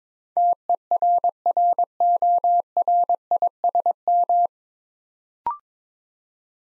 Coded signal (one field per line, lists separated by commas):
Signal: Morse code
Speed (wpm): 22 wpm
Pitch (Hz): 700 Hz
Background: none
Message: TERRORISM